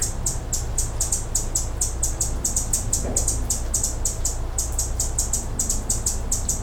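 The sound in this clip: Hummingbird chirps: very high, thin notes repeated steadily throughout, over a constant low hum.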